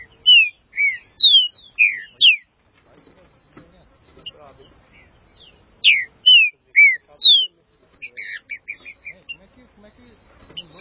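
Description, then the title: Green-winged saltator song: two bursts of loud downslurred whistled notes separated by a pause of soft sounds, ending with quieter chirping. "Trinca Ferro"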